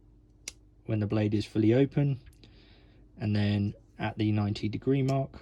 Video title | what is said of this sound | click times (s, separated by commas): CRKT - Liong Mah - #5 - Heinnie Haynes Colab | So they both lock into place | 0.5 s